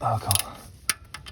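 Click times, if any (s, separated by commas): 0.9 s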